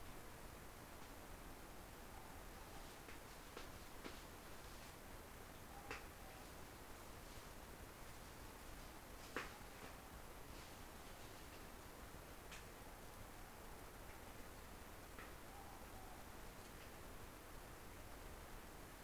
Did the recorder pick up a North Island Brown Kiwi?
no